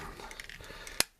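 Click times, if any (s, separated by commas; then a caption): 1.0 s. A plastic limb piece of a transforming combiner action figure is pushed up into a small gap in its slot. After low handling rustle, a sharp snap at 1.0 s marks the piece seating home.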